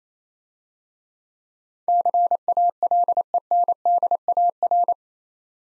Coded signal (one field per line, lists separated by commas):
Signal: Morse code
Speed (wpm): 30 wpm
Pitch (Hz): 700 Hz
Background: none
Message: CALENDAR